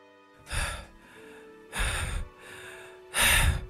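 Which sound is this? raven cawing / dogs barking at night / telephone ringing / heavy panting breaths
heavy panting breaths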